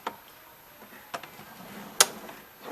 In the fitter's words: drawer you heard the perfect click